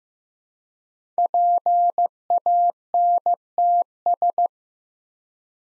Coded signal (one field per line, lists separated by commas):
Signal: Morse code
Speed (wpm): 15 wpm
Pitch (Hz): 700 Hz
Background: none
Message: PANTS